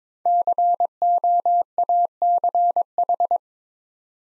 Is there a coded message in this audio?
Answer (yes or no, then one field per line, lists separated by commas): yes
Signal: Morse code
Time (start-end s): 0.3-3.4 s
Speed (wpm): 22 wpm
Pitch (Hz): 700 Hz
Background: none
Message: COACH